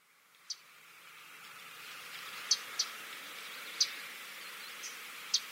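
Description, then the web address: Common yellowthroat giving short, sharp chip notes, six scattered at irregular intervals over a soft steady background hiss. Reference recording of calls, Yanagawa, Ibaraki, 24 March 2017. "shiryo koe kaoguroamerika 170324 ibaraki yanagawa"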